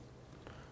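A plastic harness connector is lined up with the knock sensor on a 2001-2007 Ford Escape engine, with a steady low hum and a faint brief handling tap around 0.5 s. Nothing has seated or clicked yet; the connector is still being handled.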